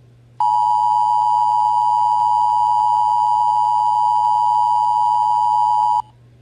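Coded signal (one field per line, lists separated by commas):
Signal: Emergency Alert System (SAME) tones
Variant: 853 and 960 Hz attention tone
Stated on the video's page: Simulated EAS scenario, not a real alert.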